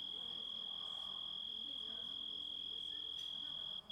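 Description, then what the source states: Grasshopper giving a sustained high, steady whine throughout, cutting out briefly at the very end; faint low hum in the background. Composite of several sounds.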